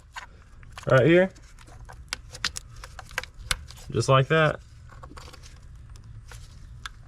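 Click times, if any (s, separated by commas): 6.9 s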